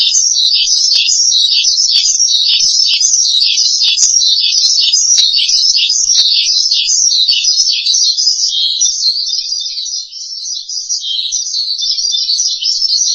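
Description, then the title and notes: Starling singing a long, fast chattering warble of jumbled high notes, softening a little toward the end. "suara burung jalak"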